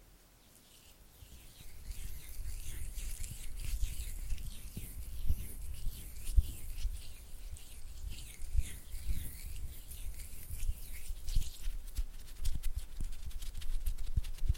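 Oily hands rub and squelch while fingers flutter and tap, starting after a brief near-silent moment. The wet slapping and clicking run densely and unevenly throughout, with soft low thumps beneath bright, crackly smacks that grow busier toward the end.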